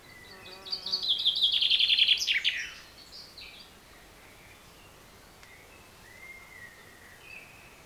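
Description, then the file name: Common chaffinch song, a rattling series of notes ending in a sharp flourish, followed by faint thin whistles. "Fringilla coelebs"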